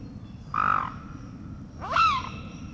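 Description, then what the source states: Eurasian lynx giving two short, harmonic, mewing calls about a second and a half apart, the second sweeping up then dropping, over a low steady rumble. A single lynx recorded while hunting.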